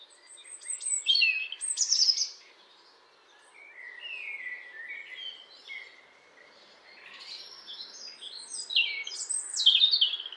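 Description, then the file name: European robin giving high twittering and thin whistled notes in bursts at the start, middle and end, with faint background noise. "Erithacus rubecula"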